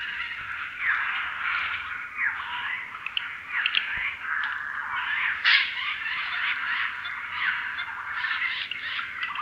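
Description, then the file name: Eurasian jay calling in a dense run of rough, grating screeches, almost unbroken and fairly even in loudness, with one sharp louder burst midway. "Garrulus glandarius"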